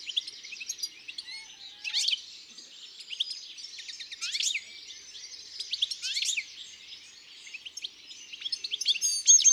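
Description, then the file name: European goldfinch song, a rapid run of high liquid twitters with repeated short buzzy bursts, continuing throughout. Singing in the countryside. "Chardonneret elegant Chants doiseaux dans la campagne"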